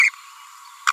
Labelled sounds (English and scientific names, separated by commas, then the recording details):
Green-rumped Parrotlet (Forpus passerinus) babbling
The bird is a female
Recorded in a nest box in Venezuela
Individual 17B42A4